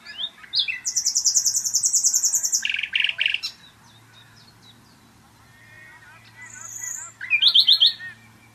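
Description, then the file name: Common nightingale song: a high, fast rattling trill, then lower repeated notes, a pause, a long whistle and another quick trill. "Luscinia megarhynchos"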